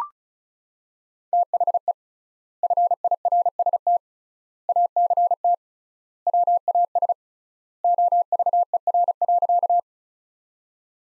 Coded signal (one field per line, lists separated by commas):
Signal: Morse code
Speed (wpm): 34 wpm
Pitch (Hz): 700 Hz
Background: none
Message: THE FIRST ACT WAS OVER.